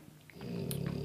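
A low, rumbling, very loud snore builds and holds through the second, from a sleeping puppy.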